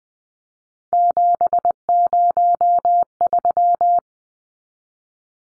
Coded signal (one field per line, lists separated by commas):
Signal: Morse code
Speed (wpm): 20 wpm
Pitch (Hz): 700 Hz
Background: none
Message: 703